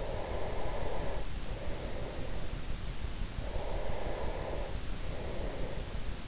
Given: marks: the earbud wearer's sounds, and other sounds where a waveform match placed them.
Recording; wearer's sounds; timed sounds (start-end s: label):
sounds in sleep by an in-ear microphone; breath
0.06-2.78 s: breath
3.08-6.28 s: breath